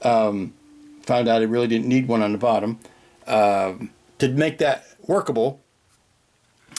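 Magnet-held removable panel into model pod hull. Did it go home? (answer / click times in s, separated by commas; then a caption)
yes / 6.8 s. A removable panel on a scratch-built model pod, held by embedded magnets, is pressed onto the hull. Someone talks for most of the clip, then after a short quiet stretch the panel snaps into place with a sharp click at 6.8 s and holds.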